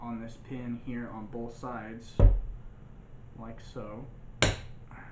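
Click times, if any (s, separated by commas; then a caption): 4.4 s. Someone talks while pressing down on both sides of the latch pin in the frame of a break-action .22 and .410 combination rifle, with a heavier thump near 2.2 s. The pin clicks sharply at 4.4 s and pops back out, releasing the mechanism so the gun can be reassembled.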